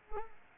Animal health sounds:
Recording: mosquito wingbeat signal from an infrared sensor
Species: Culex pipiens

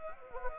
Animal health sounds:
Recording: mosquito wingbeat signal from an infrared sensor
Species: Anopheles gambiae

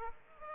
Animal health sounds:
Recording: mosquito wingbeat signal from an infrared sensor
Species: Aedes aegypti

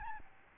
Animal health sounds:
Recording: mosquito wingbeat signal from an infrared sensor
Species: Aedes albopictus

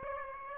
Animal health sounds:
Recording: mosquito wingbeat signal from an infrared sensor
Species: Aedes aegypti

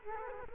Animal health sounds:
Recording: mosquito wingbeat signal from an infrared sensor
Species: Culex quinquefasciatus

